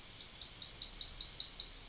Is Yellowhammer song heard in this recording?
yes